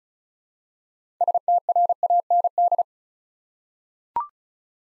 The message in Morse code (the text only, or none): STRAND